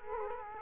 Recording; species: mosquito wingbeat signal from an infrared sensor; Culex quinquefasciatus